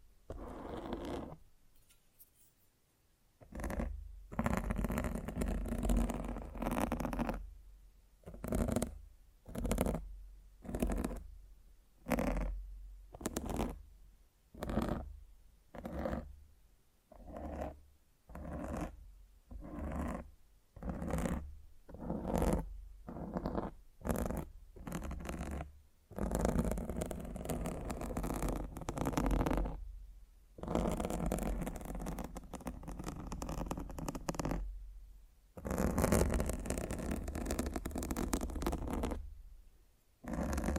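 Scratching and rubbing on a microphone, in rapid bursts separated by brief silences, roughly one or two per second from about four to twenty-six seconds. After that the scraping runs in longer, denser stretches with a few gaps, rough and full across low and bright tones.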